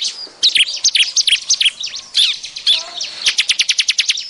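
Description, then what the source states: Bar-winged prinia calls: scattered sharp high chirps, then a fast, evenly spaced run of clipped notes in the final second. Lure call used to attract the bird; described as noisy, excited calling.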